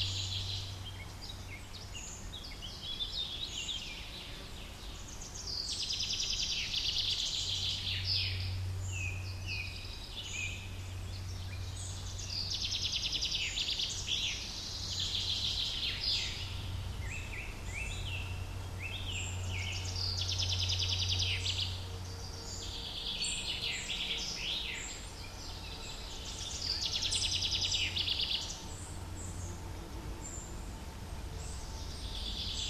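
Birdsong fills a forest, with bright chirps and trills arriving in clusters every few seconds throughout. Underneath runs a steady low hum and a soft constant hiss, like a breeze, holding an even level.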